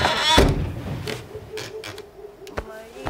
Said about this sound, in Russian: притворяет за ней дверь.